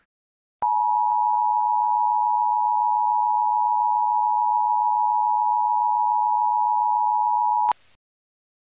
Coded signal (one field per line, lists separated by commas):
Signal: Emergency Alert System (SAME) tones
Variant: 853 and 960 Hz attention tone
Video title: EAS Scenario: If Lucow Fozzerit took over the world. (PURE FICTION)